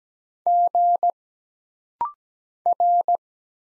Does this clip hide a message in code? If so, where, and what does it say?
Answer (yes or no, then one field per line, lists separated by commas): yes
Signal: Morse code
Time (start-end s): 0.5-3.2 s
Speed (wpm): 17 wpm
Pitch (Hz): 700 Hz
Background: none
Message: G R